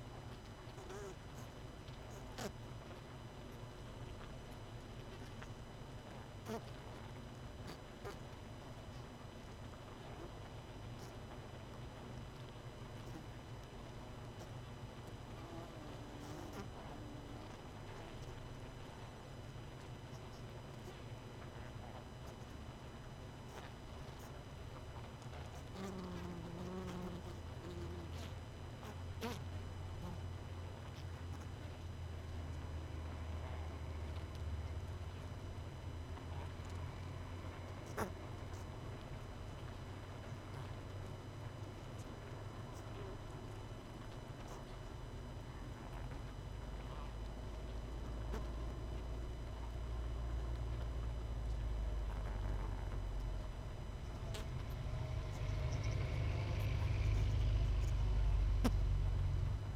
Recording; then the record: honeybee colony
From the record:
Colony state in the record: missing queen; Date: 31 May 2018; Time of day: 19:27